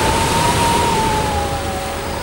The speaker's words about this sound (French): Mais voilà que, pendant son sommeil, une énorme tempête se lève. Le vent se met à souffler et des vagues gigantesques s'écrasent sur le pont du bateau.